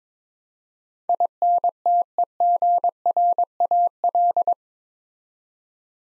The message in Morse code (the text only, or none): INTEGRAL